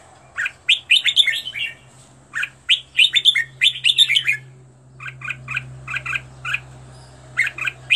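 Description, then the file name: Red-whiskered bulbul chirping in quick warbled bursts, then evenly spaced short notes, over a noticeable steady low hum. Training song for teaching birds to sing, with 15 standard song styles. "tieng-luyen-giong-chao-mao-hot-15-giong-chuan"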